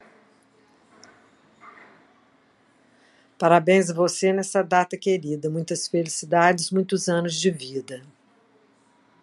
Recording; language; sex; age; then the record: short text; Brazilian Portuguese; female; 60 to 69 years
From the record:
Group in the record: control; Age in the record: 66 years